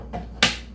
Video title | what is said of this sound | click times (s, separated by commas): Mega Food Pantry/ Food Bank Haul and new sponsor Amzchef slow juicer !!! | it clicks into place | 0.4 s